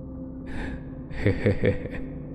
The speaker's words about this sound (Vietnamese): Hắn vươn hai tay lên trời, ngáp dài một cái, ánh mắt vẫn không quên liếc lên căn phòng trọ phía trên, miệng mỉm cười.